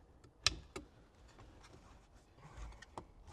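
A plastic interior trim cover is pressed back onto a car trim panel after a radar detector hardwire zip-tie step, left side first and then the right, so its retaining clips slip into place along the whole piece. Sharp clicks are heard at 0.5, 0.8 and 3.0 seconds, with fainter ticks between them. The clips snap in and the cover is seated.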